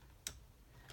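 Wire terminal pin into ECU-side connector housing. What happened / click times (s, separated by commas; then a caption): The terminal pin snapped into the connector housing / 0.3 s. A wire terminal pin is slid, slit facing down, into port one of a plastic ECU-side connector housing. It snaps into place with a sharp, bright click at 0.3 s, followed by a much fainter tick near 0.9 s. The terminal is seated in the port for good.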